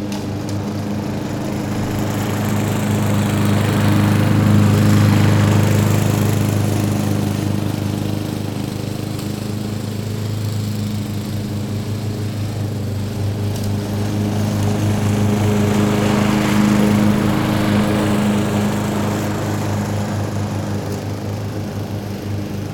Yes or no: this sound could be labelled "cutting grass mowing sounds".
yes